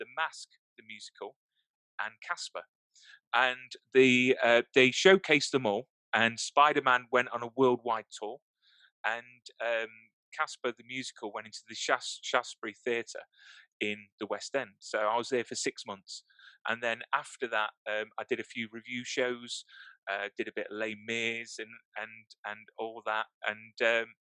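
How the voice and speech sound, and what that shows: A 41-year-old man speaking, with a part-word repetition on 'Shaftesbury', a repeated 'and', and hesitant pauses: mild stuttering that persists despite seven years of speech therapy, with the speaker stuttering quite a bit over certain words.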